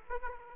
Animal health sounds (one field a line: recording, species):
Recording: mosquito wingbeat signal from an infrared sensor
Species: Aedes aegypti